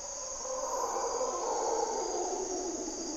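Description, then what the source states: Mantled howler monkey howls as a continuous, rough, low roaring chorus throughout, with a constant shrill insect drone above. Mantled howler monkeys calling at morning twilight, waking the jungle, primary hardwood forest by a deep river valley, Corcovado National Park, Osa Peninsula, Costa Rica; distinctive grunts and calls.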